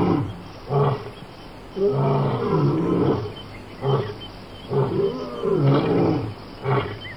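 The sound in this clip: Lion giving a series of deep, harmonic grunting roars, short bursts mixed with longer rumbling stretches, over a steady background hiss.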